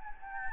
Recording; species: mosquito wingbeat signal from an infrared sensor; Anopheles gambiae